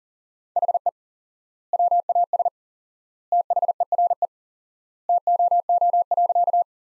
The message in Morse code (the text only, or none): HE WAS THERE TOO.